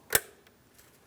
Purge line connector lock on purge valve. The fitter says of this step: Audible click. It does not fall out of place.